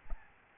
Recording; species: mosquito wingbeat signal from an infrared sensor; Aedes albopictus